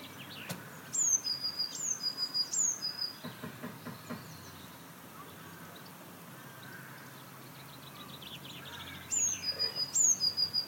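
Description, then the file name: Eurasian blue tit giving very high, thin phrases: sharp descending notes followed by a quick run of lower repeated notes, heard in two bursts near the start and end, with quiet background hiss. "Cyanistes caeruleus"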